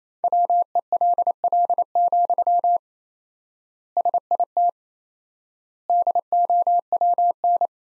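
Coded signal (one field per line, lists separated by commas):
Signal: Morse code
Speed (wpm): 28 wpm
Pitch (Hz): 700 Hz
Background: none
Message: WELL, SIT DOWN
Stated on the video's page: Morse practice sentences at 28 wpm with 4x standard word spacing, a word-level analogue of Farnsworth spacing.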